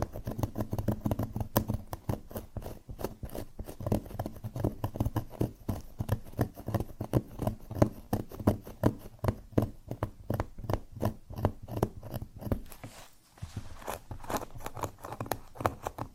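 Scratching on cork, a dense run of quick, rough strokes that repeat at an irregular but fast pace through the whole clip. Each stroke is a dry, scraping rasp with a low body. The scratching briefly stops around thirteen seconds, then resumes.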